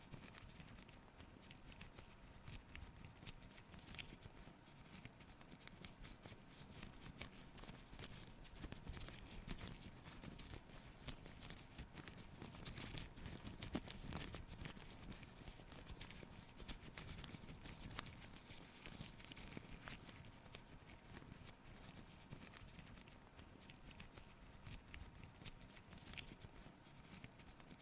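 Soft face-cleaning sounds: dense, steady rubbing and brushing with quick crackly taps throughout, slightly fuller around the middle and bright hiss overhead.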